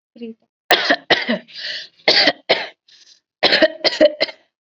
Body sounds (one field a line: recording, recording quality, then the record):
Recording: heavy voluntary cough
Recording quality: excellent, no background noise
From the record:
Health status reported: COVID-19 positive, mild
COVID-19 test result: positive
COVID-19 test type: RT-PCR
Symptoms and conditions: cough, sore throat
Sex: female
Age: 18 years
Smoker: no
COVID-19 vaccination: both doses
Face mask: not worn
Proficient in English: yes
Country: India